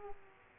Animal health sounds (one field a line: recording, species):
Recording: mosquito wingbeat signal from an infrared sensor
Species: Aedes aegypti